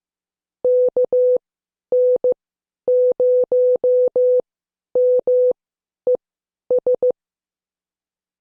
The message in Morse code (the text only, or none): KN0MES